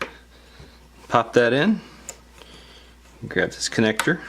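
A battery flex connector on an iPhone 6 is pressed onto its logic board socket, making one sharp click at 0.0 s as it seats. Someone talks throughout, with a few faint ticks later on.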